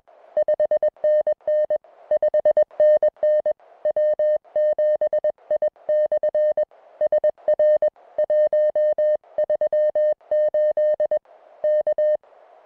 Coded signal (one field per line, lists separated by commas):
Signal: Morse code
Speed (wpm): 20 wpm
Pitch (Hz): 590 Hz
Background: music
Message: 5NN 5NN W7I/SR 138 K